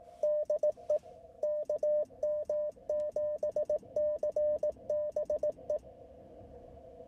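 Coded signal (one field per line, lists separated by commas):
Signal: Morse code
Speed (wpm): 18 wpm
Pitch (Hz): 600 Hz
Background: radio noise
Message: DE KM7CBE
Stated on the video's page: CW Parks on the Air activation from a windy mountain pass, QRP, wire antenna, IC-705 transceiver.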